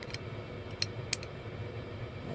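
A pistol's recoil (slide) spring is fitted back into the slide under the barrel, with faint ticks at the start. Two sharp metallic clicks come at 0.8 s and 1.1 s as the spring seats in place.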